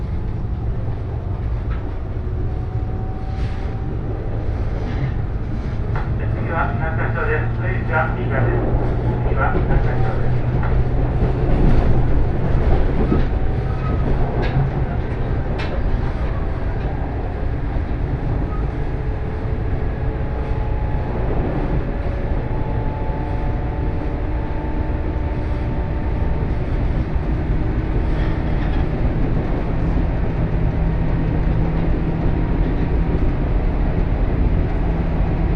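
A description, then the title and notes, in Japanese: A ride inside a moving train: a steady, dense low rumble runs throughout, with a faint motor whine that rises and shifts in pitch. Sharp clicks and rattles from the wheels cluster around seven to fifteen seconds and recur later at irregular intervals. 鉄道旅 山陽本線 岡山→倉敷。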